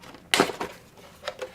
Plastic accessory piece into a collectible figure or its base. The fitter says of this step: this goes snaps right into here